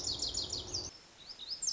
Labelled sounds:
Lazuli Bunting
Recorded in Sonoma County, California

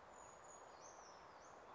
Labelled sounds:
Brown Creeper
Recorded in Sonoma County, California

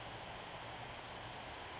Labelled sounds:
Western Flycatcher
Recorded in Sonoma County, California

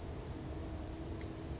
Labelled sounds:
Oak Titmouse
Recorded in Sonoma County, California

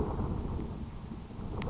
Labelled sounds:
Grasshopper Sparrow
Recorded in Sonoma County, California

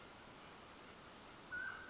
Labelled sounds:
Mountain Quail
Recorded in Sonoma County, California

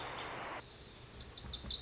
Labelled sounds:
Lazuli Bunting
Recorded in Sonoma County, California

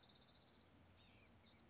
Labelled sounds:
Blue-gray Gnatcatcher
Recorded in Sonoma County, California

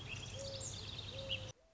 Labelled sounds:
Mourning Dove
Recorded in Sonoma County, California

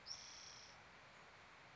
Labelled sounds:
Spotted Towhee
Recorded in Sonoma County, California

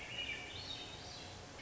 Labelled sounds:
Swainson's Thrush
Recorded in Sonoma County, California

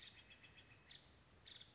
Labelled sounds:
Nuttall's Woodpecker
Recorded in Sonoma County, California

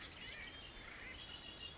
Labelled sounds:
Red-winged Blackbird
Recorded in Sonoma County, California

